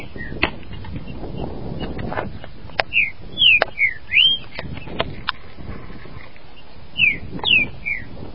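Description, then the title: Green-winged saltator song of slurred whistles in two phrases, four notes then three, with sharp clicks and light rustling between them. "Trinca Ferro"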